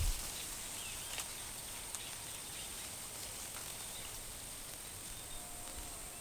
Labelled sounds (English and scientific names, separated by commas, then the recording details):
none
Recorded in forest near Pivijay, Magdalena, Colombia, on 18 April 2023 at 06:30
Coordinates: 10.467, -74.380
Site Z5-G034